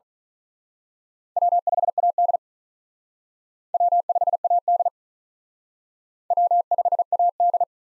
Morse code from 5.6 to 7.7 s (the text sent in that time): W5AD